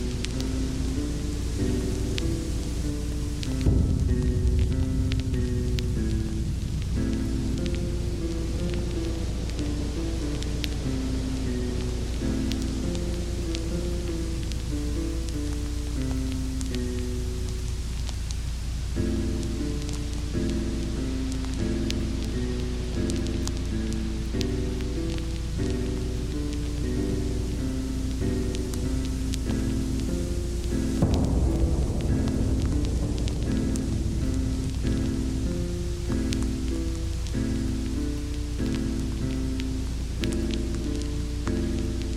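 Rain falls in a dense, steady patter while a piano plays slow, low-to-mid melodic lines throughout. A deep thunder rumble rolls in around four seconds and again near thirty-one seconds, each swelling then fading beneath the music. A constant low hum sits underneath.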